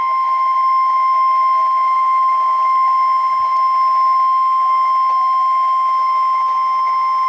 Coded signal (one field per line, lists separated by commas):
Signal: Emergency Alert System (SAME) tones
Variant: 1050 Hz attention tone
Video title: Flood Warning EAS #9